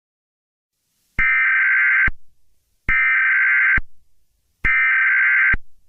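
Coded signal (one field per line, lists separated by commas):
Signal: Emergency Alert System (SAME) tones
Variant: header bursts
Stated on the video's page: Fictional EAS scenario.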